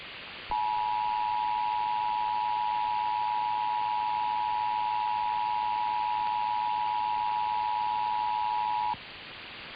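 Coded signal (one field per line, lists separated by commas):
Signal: Emergency Alert System (SAME) tones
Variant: 853 and 960 Hz attention tone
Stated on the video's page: EAS alerts for California flooding and storms.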